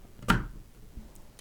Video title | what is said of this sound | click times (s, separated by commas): A Real Gaming PC for £320 in 2026 - RTX 2070 Super (Used Parts) | push down on this side more first, and you hear it click into place, | 0.3 s